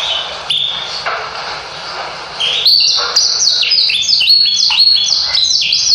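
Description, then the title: Yorkshire canary song, a few scattered high notes first, then a lively, continuous run of quick rising and falling trilled phrases. The canary's song is very long. ""Kenari Yorkshire". Suaranya Super Panjang"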